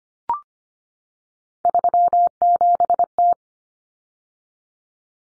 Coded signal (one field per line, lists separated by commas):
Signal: Morse code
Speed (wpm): 25 wpm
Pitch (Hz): 700 Hz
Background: none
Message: 37T